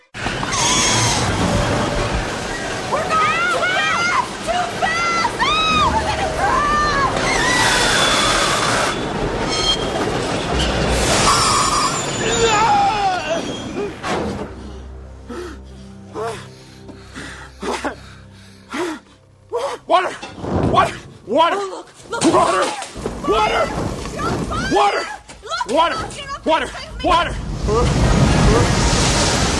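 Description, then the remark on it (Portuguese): A loud, steady roar of rushing water surges for about fourteen seconds beneath shouting and gasping voices, then gives way to sharper, intermittent thuds and bursts of sound. “Aí a água vem aí ele olha pra trás...”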